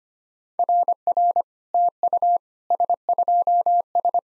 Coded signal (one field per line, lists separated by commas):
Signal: Morse code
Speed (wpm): 25 wpm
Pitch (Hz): 700 Hz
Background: none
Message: RR TU S2S